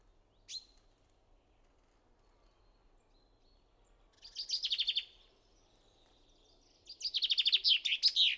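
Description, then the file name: Common chaffinch giving one sharp note, then two fast trilled song phrases separated by a few seconds of quiet. "Fringilla coelebs"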